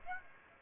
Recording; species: mosquito wingbeat signal from an infrared sensor; Aedes aegypti